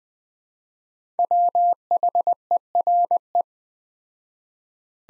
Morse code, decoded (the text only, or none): WHERE